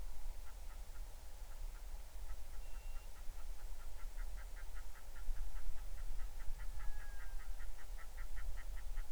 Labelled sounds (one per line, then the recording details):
waterfowl
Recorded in the Arctic National Wildlife Refuge, Alaska, on 20 July 2019 at 03:04
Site 38